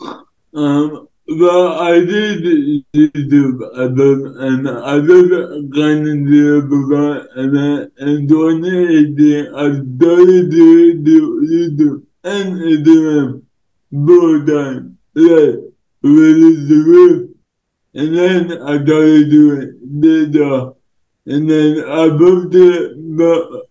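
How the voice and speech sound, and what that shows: An adult man speaks slowly in short voiced bursts broken by pauses, with stretched vowels, blurred or dropped consonants and imprecise, slurred articulation. This is dysarthric speech in cerebral palsy, where impaired muscle control makes words hard to shape clearly.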